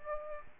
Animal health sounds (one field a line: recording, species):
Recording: mosquito wingbeat signal from an infrared sensor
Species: Aedes aegypti